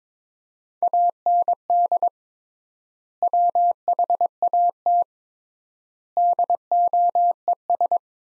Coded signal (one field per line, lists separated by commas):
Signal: Morse code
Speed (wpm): 22 wpm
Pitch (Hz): 700 Hz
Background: none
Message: AND WHAT DOES